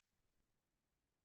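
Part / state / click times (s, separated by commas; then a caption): interchangeable lens into camera body mount / not seated / none. An interchangeable lens is being twisted onto a camera body's bayonet mount. Only faint, low handling noise and quiet background are heard, with no sharp transients. Nothing has seated or clicked yet.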